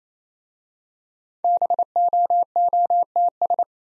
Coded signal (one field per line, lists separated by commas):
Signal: Morse code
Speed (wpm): 27 wpm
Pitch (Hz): 700 Hz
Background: none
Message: BOOTS